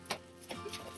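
A fitted packaging insert is pressed back into a shipping container and pops into place with a short, sharp snap at 0.1 s, followed by softer faint knocks. The insert is seated securely in the container.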